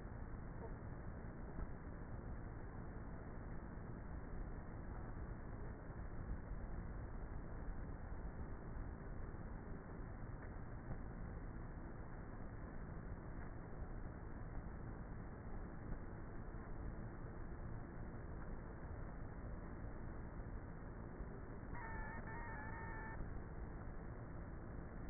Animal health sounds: honeybee colony, microphone inside the hive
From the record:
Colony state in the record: queenless with a low population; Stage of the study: before two queens were removed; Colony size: about 30,000 bees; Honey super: no

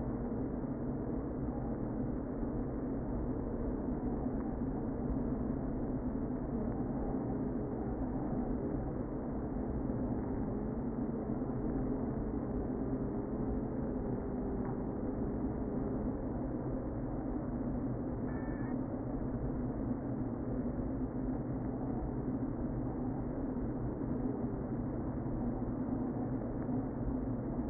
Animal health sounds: honeybee colony, microphone inside the hive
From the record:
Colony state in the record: queen present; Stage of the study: before two queens were removed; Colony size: about 60,000 bees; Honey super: yes

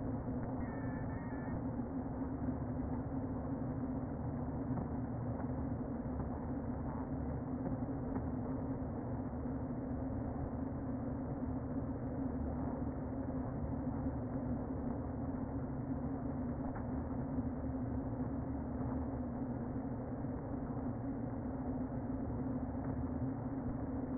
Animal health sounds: honeybee colony, microphone inside the hive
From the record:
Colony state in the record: queen present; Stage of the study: before two queens were removed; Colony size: about 60,000 bees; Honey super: yes

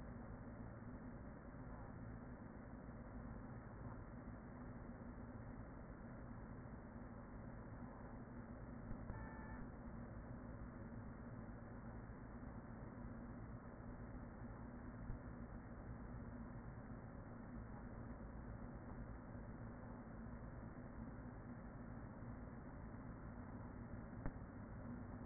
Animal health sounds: honeybee colony, microphone inside the hive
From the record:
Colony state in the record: queen present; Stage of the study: after two queens were removed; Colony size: about 40,000 bees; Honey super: no

